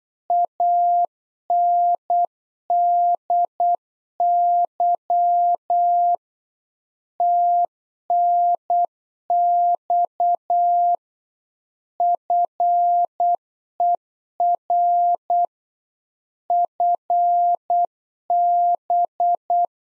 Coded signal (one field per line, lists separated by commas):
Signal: Morse code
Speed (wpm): 8 wpm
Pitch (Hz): 700 Hz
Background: none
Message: ANDY TNX FER FB